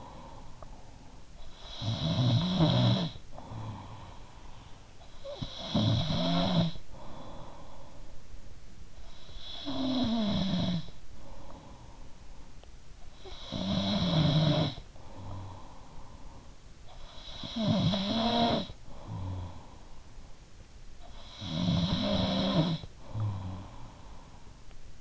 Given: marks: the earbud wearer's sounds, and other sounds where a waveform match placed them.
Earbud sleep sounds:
sounds in sleep by an in-ear microphone; snoring breath
0.00-25.01 s: snoring breath

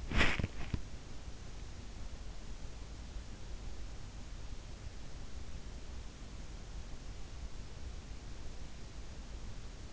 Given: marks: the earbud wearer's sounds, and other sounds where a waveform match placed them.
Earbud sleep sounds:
sounds in sleep by an in-ear microphone; body movement
0.00-0.99 s: body movement

